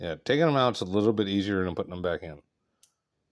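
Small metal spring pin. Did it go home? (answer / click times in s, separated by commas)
yes / 2.8 s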